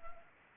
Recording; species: mosquito wingbeat signal from an infrared sensor; Anopheles arabiensis